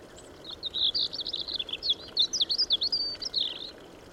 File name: Erithacus rubecula